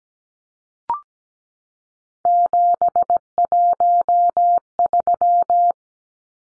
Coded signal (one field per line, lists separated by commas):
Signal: Morse code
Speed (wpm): 17 wpm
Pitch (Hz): 700 Hz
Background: none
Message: 713